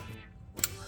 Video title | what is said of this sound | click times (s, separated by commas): 2017-2022 BUICK ENCORE 1.4L Turbo - Bad Crankshaft Position Sensor | So let me go ahead and attach the sensor, listen for the click. | 0.6 s